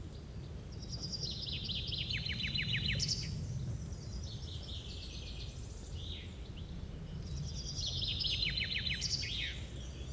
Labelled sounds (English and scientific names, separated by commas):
House Sparrow (Passer domesticus) song